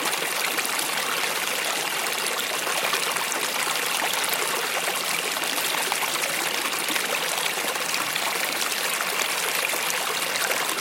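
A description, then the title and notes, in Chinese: Water flows and babbles steadily over stones, a dense, bright trickling with countless tiny splashes and gurgles. The sound stays even throughout, with no pauses or changes, and almost nothing in the low range beneath the rushing wash. 大自然水流聲⭐Water Sound。潺潺流水聲聽起來像一種固定頻率的靜電噪音。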